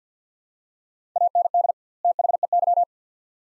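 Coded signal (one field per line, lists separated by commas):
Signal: Morse code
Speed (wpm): 50 wpm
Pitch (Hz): 700 Hz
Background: none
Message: AND THEY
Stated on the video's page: Two-word Morse phrases at 50wpm with 2x word spacing, a Farnsworth-like practice drill for head-copy; each set is sent, then spoken.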